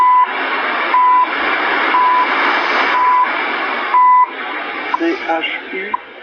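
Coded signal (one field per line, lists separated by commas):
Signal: radio time signal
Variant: CHU Canada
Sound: five short 1 kHz second ticks through hissy static, then tuning noises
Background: radio static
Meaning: Each tone marks one second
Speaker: 3330 CHU Canada time signal.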